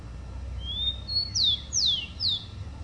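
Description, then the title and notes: Rufous-collared sparrow song: a thin steady whistle, a higher level note, then three clear whistles each sliding steeply downward, with a soft low hum beneath. "Áudio do pio do tico-tico. WikiAves"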